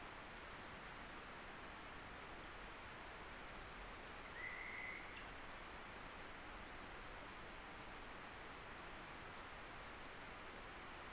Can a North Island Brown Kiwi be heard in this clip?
no